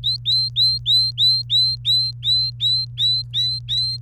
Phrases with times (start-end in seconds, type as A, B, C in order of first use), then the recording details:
0.03-3.97 A. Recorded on 28 April 2018 at 14:54. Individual llb3